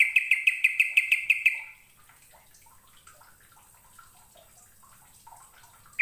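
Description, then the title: Bird song: a fast rattling trill of evenly spaced pulses for about one and a half seconds, then quiet with faint chirps and a sharp note at the end. "Kicau Burung"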